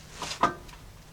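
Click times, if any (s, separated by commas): 0.4 s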